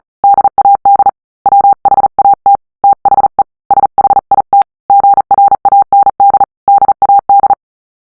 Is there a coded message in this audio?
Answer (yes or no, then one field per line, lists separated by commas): yes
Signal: Morse code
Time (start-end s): 0.2-7.5 s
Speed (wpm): 38 wpm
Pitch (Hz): 800 Hz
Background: none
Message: DAD WHAT THE SHIT GRAND DAD